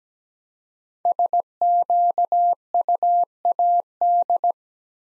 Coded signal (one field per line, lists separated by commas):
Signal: Morse code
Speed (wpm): 17 wpm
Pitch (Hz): 700 Hz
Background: none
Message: SQUAD